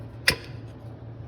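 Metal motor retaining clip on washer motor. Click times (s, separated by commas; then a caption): 0.3 s. A metal retaining bracket clip is pushed back onto a Whirlpool washer motor assembly. There is one sharp click at 0.3 seconds over a low steady hum. The clip snaps back into place and is seated.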